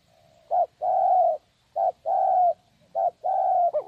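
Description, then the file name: Spotted dove utters three phrases, each a brief coo followed by a long even coo, then begins another, over faint low background hum. "tieng cu dat gay"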